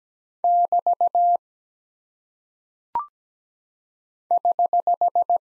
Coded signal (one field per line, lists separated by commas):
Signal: Morse code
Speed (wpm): 17 wpm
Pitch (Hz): 700 Hz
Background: none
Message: <BT> <HH>